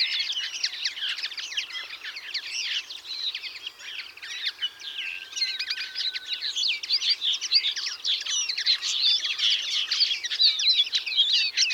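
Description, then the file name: European greenfinch chorus, rapid overlapping chirps and twitters from many birds throughout, growing louder in the second half, with a brief thin steady whistle near the middle. "Chloris chloris"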